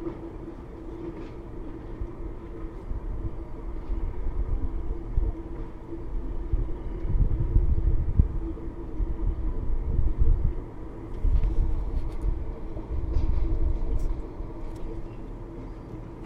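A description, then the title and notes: Low, dense rumble of water along the sea shore, swelling louder around seven to ten seconds and again from eleven to fourteen. A steady mid hum runs underneath throughout, with a few faint, sharp clicks and taps scattered above. Recording at the sea shore near Karuselli in Helsinki. (Material: Uși microphones, Zoom H5, SuperCollider).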